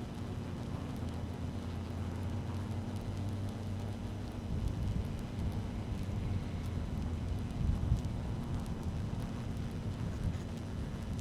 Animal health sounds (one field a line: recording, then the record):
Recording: honeybee colony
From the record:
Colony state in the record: active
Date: 12 June 2018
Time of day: 13:33